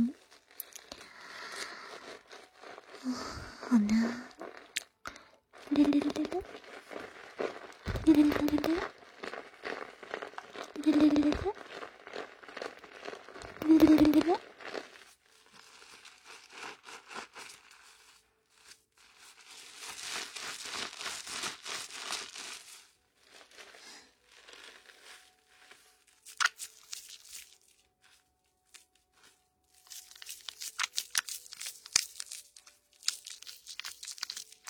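Foam and water sounds: the first fifteen seconds bring a series of short, squeaky gurgles about every two to three seconds. After that, bursts of fine fizzing and crackling come and go, with quieter gaps between them.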